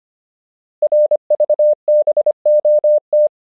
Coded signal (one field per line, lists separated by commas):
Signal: Morse code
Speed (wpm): 25 wpm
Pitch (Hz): 600 Hz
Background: none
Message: RVBOT